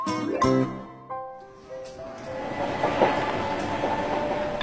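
A train rolls along the rails with a steady, broad rumbling roar that builds and holds, preceded by a few short tonal notes at the start; no voices are heard.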